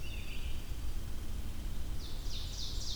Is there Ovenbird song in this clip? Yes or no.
yes